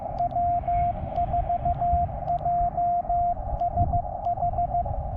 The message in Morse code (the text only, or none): W4JSH